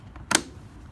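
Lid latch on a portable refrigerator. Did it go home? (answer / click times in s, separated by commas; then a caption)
yes / 0.4 s. The relocated lid of a 2017 Dometic CFX portable compressor refrigerator is closed and pressed down until its latch clicks shut. A faint tick comes at 0.2 s, then one sharp, bright latch click at 0.4 s. The click means the lid is seated and secured.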